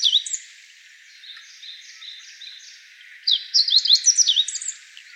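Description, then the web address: Meadow bunting singing a fast, high twittering phrase of slurred and chipping notes, following the tail of an earlier phrase, with faint softer notes between. 14 April 2015. "birdenaga hojiro"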